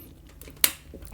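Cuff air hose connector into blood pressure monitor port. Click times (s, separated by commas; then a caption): 0.6 s. The air hose connector of a blood pressure cuff is pressed into its port on the side of an OMRON HEM-7383T1 digital monitor. Soft handling noise leads up to one sharp click at 0.6 s. The cuff is now seated and attached.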